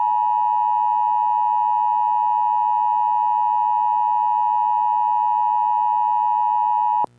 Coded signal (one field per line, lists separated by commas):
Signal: Emergency Alert System (SAME) tones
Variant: 853 and 960 Hz attention tone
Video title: EAS Mock Scenario: Southeast Comet